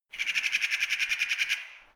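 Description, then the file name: Magpie chattering, a fast rattling series of many harsh, even notes lasting about one and a half seconds, then fading out. "magpie clamore"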